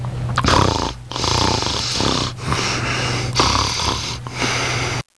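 Loud, rattling breath sounds come in repeated cycles of roughly one to one and a half seconds, each with a harsh low-pitched flutter. This is snoring, noisy vibration in the upper airway during sleep.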